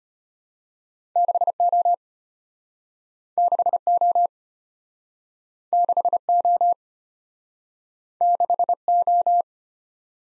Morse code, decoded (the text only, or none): 6O 6O 6O 6O